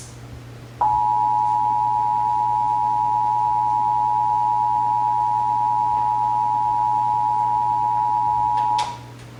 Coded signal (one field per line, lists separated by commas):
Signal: Emergency Alert System (SAME) tones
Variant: 853 and 960 Hz attention tone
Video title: (EAS #698-709) June 2024 Texas Required Monthly Test